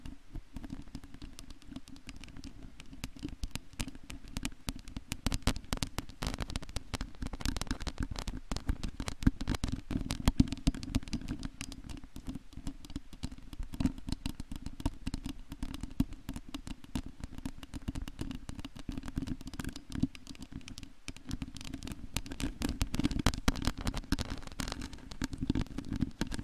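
Long nail scratching on a microphone makes a dense, continuous rasp of rapid crackling clicks over a steady low rumble, with no pauses.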